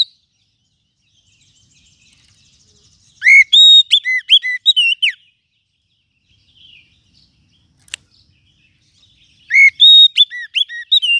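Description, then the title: Lovebird calls: two bursts of shrill, sharply arched chirps repeated in a quick series, separated by a quiet gap with a single click. Lovebird call used as a lure to attract lovebirds. "PIKAT BURUNG LOVEBIRD"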